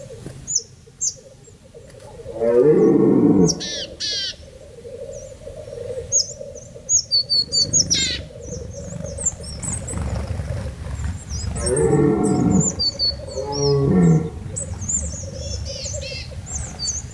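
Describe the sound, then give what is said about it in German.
Red deer stags give rutting roars from the depths of a mountain area: deep, drawn-out, groaning bellows, a few bouts spaced several seconds apart, while small birds chirp and twitter steadily in the background. “Und das Melden der Hirsche aus den Tiefen des Bergraums sowie das periodisch wiederkehrende Kollern der Birkhähne mit ihren nur leicht veränderten Strophenversen, wie die Rufe der miteinander durch die Lüfte tollenden Raben”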